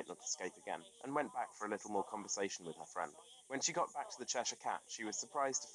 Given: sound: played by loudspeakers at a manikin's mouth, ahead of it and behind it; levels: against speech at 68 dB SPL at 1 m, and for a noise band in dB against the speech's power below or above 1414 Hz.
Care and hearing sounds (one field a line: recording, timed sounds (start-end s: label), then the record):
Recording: test signals for a remote microphone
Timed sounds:
0.00-5.74 s: man speaking, babble ahead at +6 dB SNR for speech at 1 m
From the record:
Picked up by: remote microphone D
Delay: 24 ms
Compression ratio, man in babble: 1.14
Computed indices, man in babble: HASPI 0.996, HASQI 0.277 (non-linear 0.318, linear 0.872), ESTOI 0.748